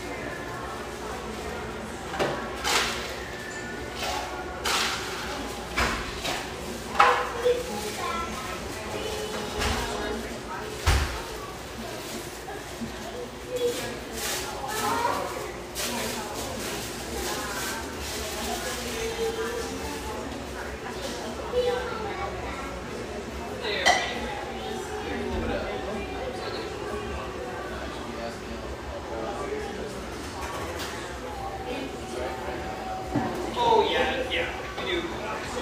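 Café chatter fills the scene: overlapping voices murmur steadily throughout, with a low constant hum underneath. Frequent sharp clinks and clatters of dishes cut through every few seconds, with louder knocks around seven, eleven, fifteen and twenty-four seconds.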